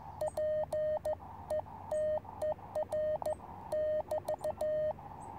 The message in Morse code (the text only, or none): PETER <BT>